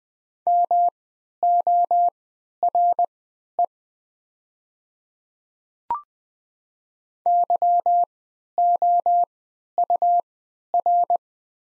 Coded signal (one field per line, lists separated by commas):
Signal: Morse code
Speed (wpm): 20 wpm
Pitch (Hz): 700 Hz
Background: none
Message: MORE YOUR